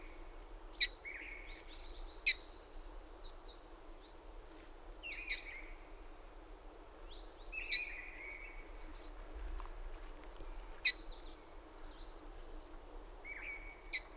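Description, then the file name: Great tit calls: sharp high notes with lower ringing tones, in short clusters every few seconds over a faint steady background hiss. "Parus major"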